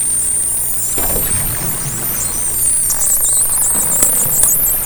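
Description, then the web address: Dolphin click trains and whistles, bursts of buzzing clicks with high wavering squeals, busiest near the end, over a steady hum. Captured by hydrophone in 2010. "interspecies dolphin 2010 hydrophone"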